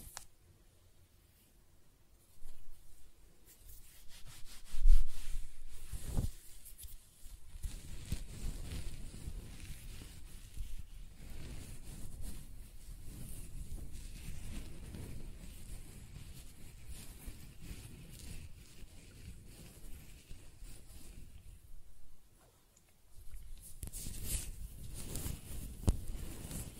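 Close-up hair sounds: scratching, brushing and stroking with a soft, dry, rustling patter. After a quiet opening and a sharp knock near five seconds, a dense, continuous rough scrubbing runs for most of the clip, pauses briefly around twenty-two seconds, then resumes.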